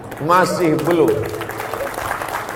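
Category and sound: crowd, audience applauding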